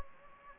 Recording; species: mosquito wingbeat signal from an infrared sensor; Anopheles gambiae